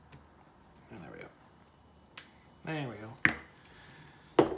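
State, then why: Seated. A new connector on an RC lipo battery lead is coaxed with pliers into its mating housing after a struggle to get it in, while someone talks. Sharp taps are heard around 2.2 s and 3.7 s, then a crisp click at 4.4 s as the connector seats.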